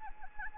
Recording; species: mosquito wingbeat signal from an infrared sensor; Anopheles arabiensis